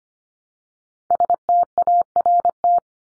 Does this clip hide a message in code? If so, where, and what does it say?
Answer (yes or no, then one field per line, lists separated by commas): yes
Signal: Morse code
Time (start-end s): 1.1-2.8 s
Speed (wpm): 25 wpm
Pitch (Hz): 700 Hz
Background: none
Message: START